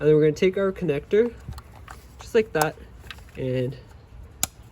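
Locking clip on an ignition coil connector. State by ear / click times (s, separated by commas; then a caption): seated / 4.4 s. On a BMW, an ignition coil's electrical connector is pushed on and its locking clip is pressed down while someone talks. A single sharp snap at 4.4 s marks the clip locking the connector in place, seated.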